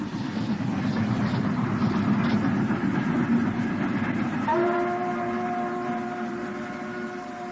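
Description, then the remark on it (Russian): A slow suburban train rolls by with a steady, heavy rumble of wheels, and about two-thirds of the way through a sustained horn blares over the clatter until the end. “Подмерный грохот колес медленно ползущего пригородного поезда я услышал и увидел, а может быть сначала увидел, а потом услышал, что в меня стреляют.”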